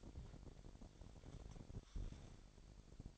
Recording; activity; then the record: daily activity, microphone in the room; place on stove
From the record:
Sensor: 5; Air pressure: 1012.1 hPa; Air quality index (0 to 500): 234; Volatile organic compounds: 4 ppm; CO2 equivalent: 1558 ppm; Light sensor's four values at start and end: 43/97/41/44 and 44/101/43/46